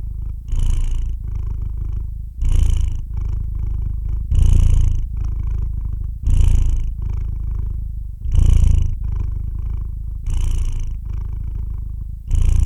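Cat purr with a rough, deep buzz, loud surges on each breath about every two seconds and quieter rumbling between them.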